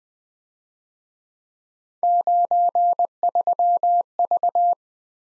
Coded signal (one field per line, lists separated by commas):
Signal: Morse code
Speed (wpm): 19 wpm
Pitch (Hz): 700 Hz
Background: none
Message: 93V